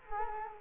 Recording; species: mosquito wingbeat signal from an infrared sensor; Culex quinquefasciatus